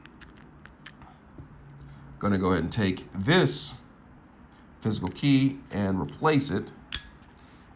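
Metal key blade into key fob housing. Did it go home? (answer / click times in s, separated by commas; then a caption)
yes / 6.9 s. A metal emergency key blade is pushed back into its slot in a plastic Toyota key fob housing after a battery change. Small handling taps and clicks are heard while someone talks, then a sharp, loud click at 6.9 s as the blade seats back into place.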